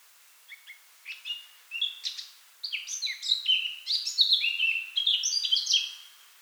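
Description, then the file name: Eurasian blackcap song: a few soft notes, then a quickening warble rising to a loud, rich whistled flourish before fading. "Sylvia atricapilla"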